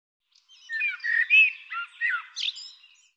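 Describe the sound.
Bird song: one varied warbled phrase of chirps and sliding whistles, rising at the close into a higher, buzzier note.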